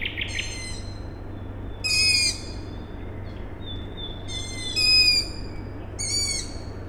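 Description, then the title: Owl chick calls: several shrill, harmonic cries spaced a couple of seconds apart, with a faint whistle and a low continuous hum. Owl chicks calling at night on 21 May 2019 in Siemianowice Śląskie, Poland; industrial plant in background; recorded with Zoom H5 and Audio-Technica BP4025. "Siemianowice Śląskie, Polska - Owl chicks"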